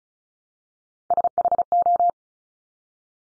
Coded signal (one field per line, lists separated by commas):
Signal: Morse code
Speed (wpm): 36 wpm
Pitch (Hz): 700 Hz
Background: none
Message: SHO